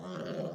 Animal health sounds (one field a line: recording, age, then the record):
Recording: pig call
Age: piglet (1 to 25 days)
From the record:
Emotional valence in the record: negative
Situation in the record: long isolation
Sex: female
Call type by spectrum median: low-frequency call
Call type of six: low-frequency modulated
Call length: 0.55 s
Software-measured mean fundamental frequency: 50 Hz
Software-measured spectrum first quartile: 238 Hz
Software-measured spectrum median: 466 Hz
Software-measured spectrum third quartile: 733 Hz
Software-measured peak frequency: 542 Hz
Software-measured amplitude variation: 92 dB a second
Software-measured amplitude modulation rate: 25.5 a second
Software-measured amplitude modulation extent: 3.6 dB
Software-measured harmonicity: 2.9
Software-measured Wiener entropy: -0.15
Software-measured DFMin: 1332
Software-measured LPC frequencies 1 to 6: 510, 1325, 3098, 4479, 5613, 6597 Hz